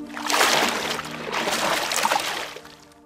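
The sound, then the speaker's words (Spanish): A doll is thrown as hard as possible into water, where it stays floating: two broad, rushing splashes of water, each lasting under a second, rise and fade over a steady low mechanical hum, with no voices. “Cae sobre el agua y se queda flotando.”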